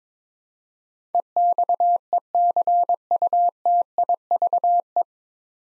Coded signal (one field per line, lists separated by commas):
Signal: Morse code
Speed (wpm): 21 wpm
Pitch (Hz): 700 Hz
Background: none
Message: EXECUTIVE